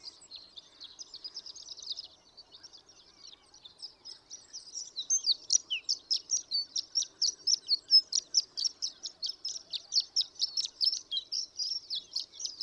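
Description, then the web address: Horned lark song starting as faint, high twittering, then swelling into a fast, even stream of thin, bright, tinkling chips. "birdsongforthecurious Horned Lark"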